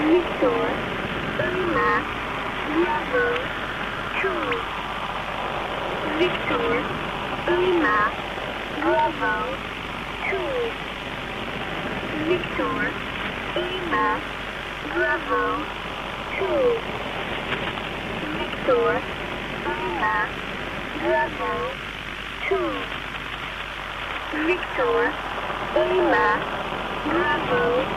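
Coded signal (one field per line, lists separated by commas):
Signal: numbers station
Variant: E10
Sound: voice repeating phonetic letters like "Victor Bravo two" in short, evenly spaced words over hiss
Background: radio static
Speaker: specifically focusing on the E10 Mossad number station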